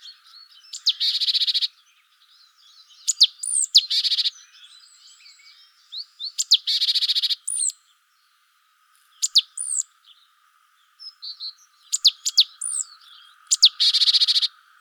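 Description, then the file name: Great tit calls: sharp falling high notes, most runs ending in a rapid buzzy churr, repeated several times, with faint other bird notes. "Parus major"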